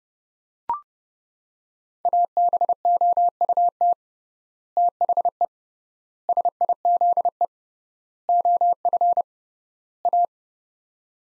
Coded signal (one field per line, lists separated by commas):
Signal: Morse code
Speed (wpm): 30 wpm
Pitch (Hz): 700 Hz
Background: none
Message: ABOUT THE SIZE OF A